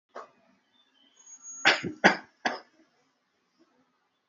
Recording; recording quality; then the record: shallow voluntary cough; moderate, slight background noise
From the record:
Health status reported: healthy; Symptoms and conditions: none ticked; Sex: male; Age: 60 years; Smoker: not ticked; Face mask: not worn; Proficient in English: yes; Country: India